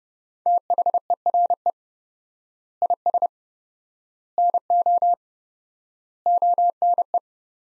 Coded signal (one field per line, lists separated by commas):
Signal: Morse code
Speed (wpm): 30 wpm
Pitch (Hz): 700 Hz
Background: none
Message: THERE IS NO ONE